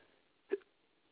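A single short, sharp hiccup from an adult man against a quiet room background.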